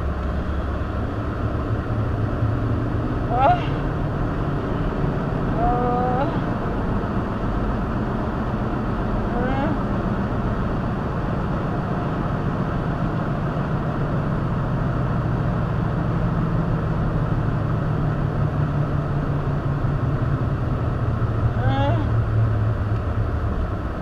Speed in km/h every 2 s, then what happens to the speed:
34, 47, 60, 68, 71, 63, 61, 58, 52, 47, 40, 31.
0-8 speeds up to 71. 8-24 slows to 31.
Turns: none.